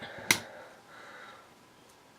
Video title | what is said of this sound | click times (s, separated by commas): PSA DONT DYE YOUR OWN HAIR | just clicked into place | 0.3 s